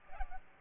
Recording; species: mosquito wingbeat signal from an infrared sensor; Aedes aegypti